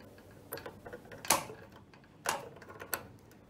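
A replacement fluorescent light starter is wiggled left and right against the socket of a fluorescent light fitting, trying to find the slots in its holder before being pushed in. Several small ticks and taps are heard as it is lined up, with sharper hits around 0.5, 1.3, 2.3 and 2.9 seconds. The starter has not gone home yet, and nothing has seated or clicked.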